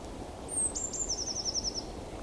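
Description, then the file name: Eurasian blue tit song: a thin high note, then a quick trill of many short notes, lasting just over a second, over low background rumble. "Cyanistes caeruleus"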